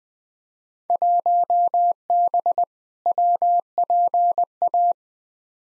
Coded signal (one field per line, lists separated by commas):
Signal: Morse code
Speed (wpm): 21 wpm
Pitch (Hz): 700 Hz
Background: none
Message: 1B WPA